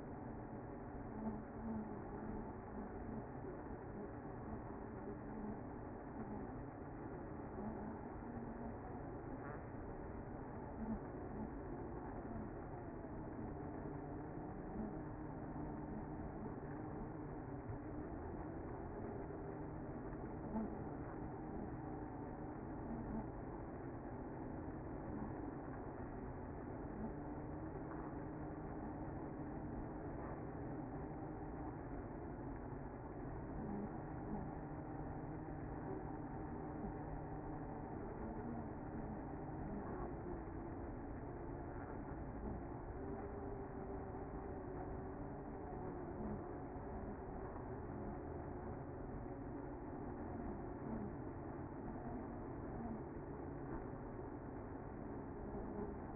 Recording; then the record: honeybee colony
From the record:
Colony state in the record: active